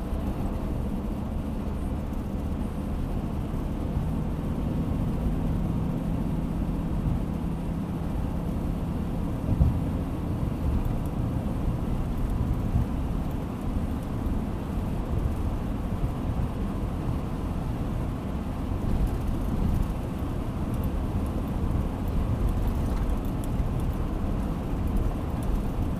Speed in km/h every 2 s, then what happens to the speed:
74, 81, 84, 86, 87, 88, 89, 89, 90, 90, 91, 90, 91.
0-7 speeds up to 87. 7-26 steady at about 90.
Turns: none.